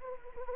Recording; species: mosquito wingbeat signal from an infrared sensor; Anopheles arabiensis